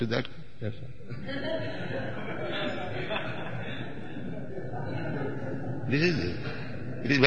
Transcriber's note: laughter